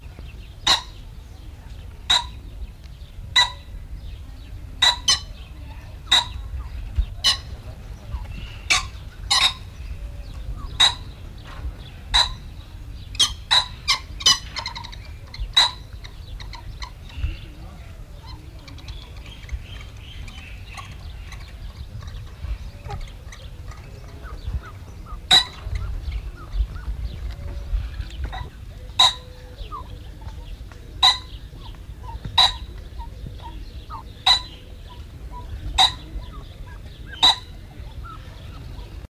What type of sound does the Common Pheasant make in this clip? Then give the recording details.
call. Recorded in captivity. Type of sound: call. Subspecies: tenebrosus. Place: Vogelpark Walsrode, Niedersachsen, DE. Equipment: Halbspur, 9,5 cm/s. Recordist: Lütgens, Hans. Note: Tenebrosusfasan balzt, Jagdfasanmännchen antwortet